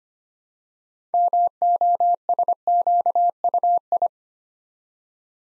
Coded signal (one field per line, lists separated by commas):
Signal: Morse code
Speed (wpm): 25 wpm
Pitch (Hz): 700 Hz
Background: none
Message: MOSQUI